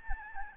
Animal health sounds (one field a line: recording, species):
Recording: mosquito wingbeat signal from an infrared sensor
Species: Aedes albopictus